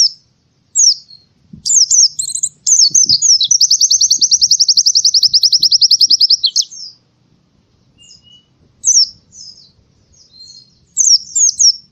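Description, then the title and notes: Canary song with sharp high chirps building into a long, steady rolling trill lasting around three seconds, then short twittered bursts separated by pauses; faint low knocks beneath. Song intended as a master for training other birds. "Kicauan Kenari. Masteran Burung"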